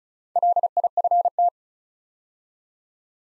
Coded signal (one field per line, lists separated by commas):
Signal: Morse code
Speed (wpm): 36 wpm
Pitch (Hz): 700 Hz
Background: none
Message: LIFT